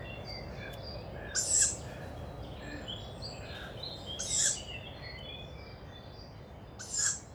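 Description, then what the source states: Tawny owl juvenile repeating three rasping, breathy hisses roughly three seconds apart over a background of songbirds. Young wild tawny owl overhead near a nest site, Bois de Vincennes, France, woodland, 29 May 2019 at 5:15 am; characteristic breathy call of young owls; recorded with Mixpre-3 and two MKH40 microphones.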